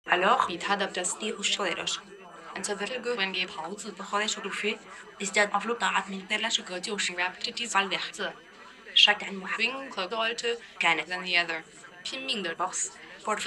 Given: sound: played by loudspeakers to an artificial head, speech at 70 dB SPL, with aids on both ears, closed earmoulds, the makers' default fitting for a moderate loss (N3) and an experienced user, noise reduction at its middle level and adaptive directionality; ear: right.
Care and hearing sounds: speech test signal (ISTS) in cocktail-party noise; +9 dB; in front (0 degrees)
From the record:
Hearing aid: class 2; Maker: E

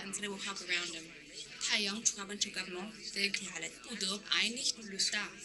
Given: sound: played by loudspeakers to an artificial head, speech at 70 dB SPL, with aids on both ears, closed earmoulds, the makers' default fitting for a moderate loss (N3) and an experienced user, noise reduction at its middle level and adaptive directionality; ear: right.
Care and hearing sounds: speech test signal (ISTS) in cocktail-party noise; +6 dB; in front (0 degrees)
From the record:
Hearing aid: class 1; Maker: H

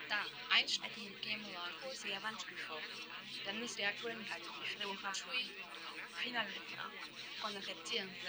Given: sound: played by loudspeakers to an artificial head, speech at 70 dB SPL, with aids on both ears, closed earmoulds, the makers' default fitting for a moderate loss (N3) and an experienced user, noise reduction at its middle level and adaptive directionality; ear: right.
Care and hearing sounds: speech test signal (ISTS) in cocktail-party noise; -3 dB; on the right (90 degrees)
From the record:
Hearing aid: class 2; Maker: F

